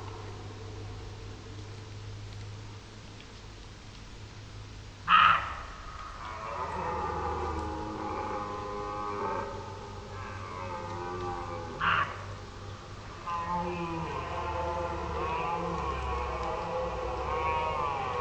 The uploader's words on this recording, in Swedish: Kronhjortarnas ljudvärld. Tänk dig en helt stilla kväll i början av september. Solen har precis gått ner och du sitter i skogsbrynet, framför dig ligger en blommande klövervall. Det är kronhjortarnas brunsttid och här i området går det flera stora hanar.